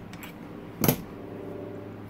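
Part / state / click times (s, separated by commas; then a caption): shift drum and gear dogs in a motorcycle two-stroke transmission / seated / 0.8 s. On a Yamaha YZ125 (2022–2025) two-stroke motorcycle with the engine cases apart, the shift drum is turned while the transmission shaft is spun, sliding the dog gear into engagement for third gear. Over a low, steady background hum, a faint tick sounds at 0.1 s, then a sharp, bright click at 0.8 s as the gear dogs engage. Third gear is seated.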